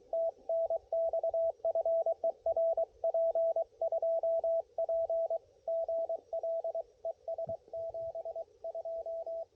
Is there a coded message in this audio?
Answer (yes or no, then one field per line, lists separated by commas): yes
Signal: Morse code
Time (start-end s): 0.1-9.4 s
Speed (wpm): 23 wpm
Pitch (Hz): 660 Hz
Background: radio noise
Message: TNX FER P2P GL ES 72